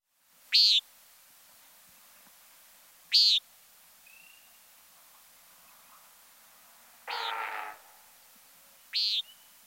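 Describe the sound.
Common Nighthawk calls: short, buzzy, nasal high notes repeated irregularly every few seconds, plus one longer, lower, rougher burst in between.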